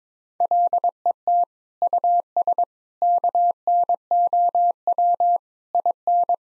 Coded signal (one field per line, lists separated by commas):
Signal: Morse code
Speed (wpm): 22 wpm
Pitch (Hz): 700 Hz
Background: none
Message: LET US KNOW IN